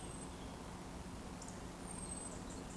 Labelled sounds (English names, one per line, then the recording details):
Eurasian Woodcock whistle
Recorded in Baden-Württemberg, Germany, on 23 June 2020 at 19:36 UTC
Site 14569, 102 m above sea level